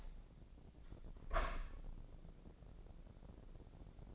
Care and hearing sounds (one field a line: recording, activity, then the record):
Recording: daily activity, microphone in the room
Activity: open window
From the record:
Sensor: 5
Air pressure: 1012.3 hPa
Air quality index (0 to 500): 162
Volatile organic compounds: 2 ppm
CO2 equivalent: 1098 ppm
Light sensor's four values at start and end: 70/168/69/74 and 69/167/69/74